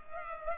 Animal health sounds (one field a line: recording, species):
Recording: mosquito wingbeat signal from an infrared sensor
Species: Culex pipiens